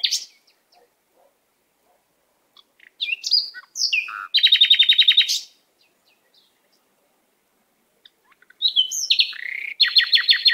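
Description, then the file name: Canary song in separate bursts: scattered chirps, a loud buzzy trill, a long silence, then more sweeping notes and a final rapid trill. "Canary Voice"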